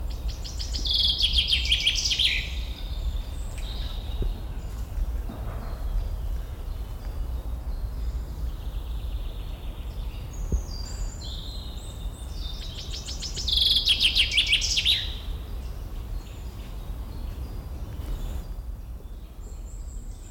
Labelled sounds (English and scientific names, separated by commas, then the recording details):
Common Chaffinch (Fringilla coelebs)
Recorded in the wild
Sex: male
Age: adult
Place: Seddiner See, Brandenburg, DE
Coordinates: 52.27, 13.01
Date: 1995-07-16 12:53
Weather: wechselnd wolkig, 18°C
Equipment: Sony WM-D6C, Sennheiser ME 80, Kopie Uher 4000 Report Monitor
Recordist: Tembrock, Günter